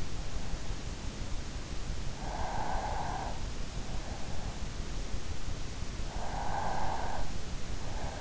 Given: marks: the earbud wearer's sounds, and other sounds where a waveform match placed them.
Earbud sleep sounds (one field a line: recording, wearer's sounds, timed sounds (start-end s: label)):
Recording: sounds in sleep by an in-ear microphone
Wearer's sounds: breath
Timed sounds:
2.15-3.76 s: breath
5.93-7.30 s: breath